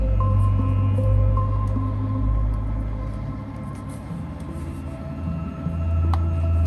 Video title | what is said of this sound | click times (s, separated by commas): Nacelle Toys STAR TREK The Next Generation Captain RACHEL GARRETT (2025) | There, that's a little better, and that just kind of pops into place. | 6.1 s